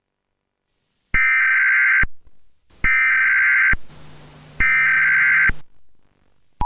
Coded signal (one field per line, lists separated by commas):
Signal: Emergency Alert System (SAME) tones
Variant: header bursts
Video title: MANDELA CATALOGUE (EAS - INTRUDER ON THE LOOSE)